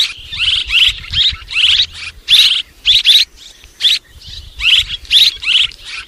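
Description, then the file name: Swallow chatters in rapid chirping clusters, with lulls of softer twitters between. "Tieng en nguc ran en vang"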